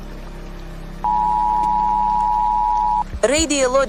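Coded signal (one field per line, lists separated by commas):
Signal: Emergency Alert System (SAME) tones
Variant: 853 and 960 Hz attention tone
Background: speech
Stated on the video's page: Fictional doomsday EAS broadcast scenario about nuclear war, told from Russia's perspective.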